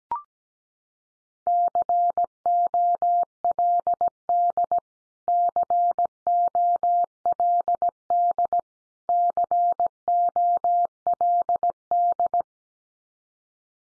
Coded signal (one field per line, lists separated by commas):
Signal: Morse code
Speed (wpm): 17 wpm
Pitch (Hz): 700 Hz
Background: none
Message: COLD COLD COLD